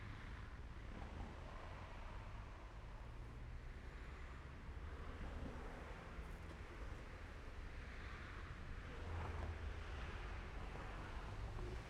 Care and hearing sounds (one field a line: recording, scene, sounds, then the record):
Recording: everyday scene through a hearing-aid microphone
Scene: in traffic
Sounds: traffic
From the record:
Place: main road on the outskirts, rush hour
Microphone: behind the ear, left, front